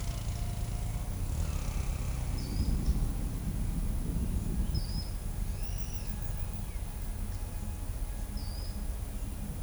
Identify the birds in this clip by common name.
Ochre-lored Flatbill, Pale-eyed Pygmy Tyrant